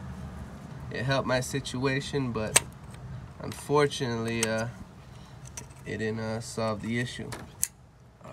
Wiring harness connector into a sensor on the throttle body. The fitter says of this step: right click let's do